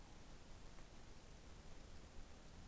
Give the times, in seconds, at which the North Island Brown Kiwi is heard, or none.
none